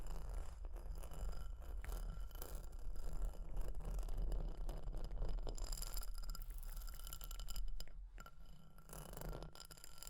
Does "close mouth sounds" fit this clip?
no